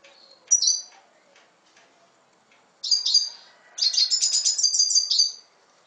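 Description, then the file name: Red siskin song: scattered high chirps, then a longer rapid twittering phrase with buzzy trills at the end. "Canto del Cardenalito"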